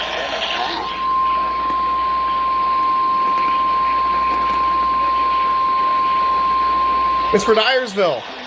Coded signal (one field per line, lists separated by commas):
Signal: Emergency Alert System (SAME) tones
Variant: 1050 Hz attention tone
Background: speech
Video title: STORMING AND TESTING - EAS Alerts from 08/03/2022-08/04/2022 (EAS #654-664)